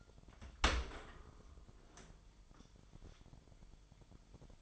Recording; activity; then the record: daily activity, microphone in the room; open dishwasher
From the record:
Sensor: 5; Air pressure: 998.4 hPa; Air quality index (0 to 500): 79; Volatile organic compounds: 1 ppm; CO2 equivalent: 894 ppm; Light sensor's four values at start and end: 22/51/22/24 and 22/52/22/24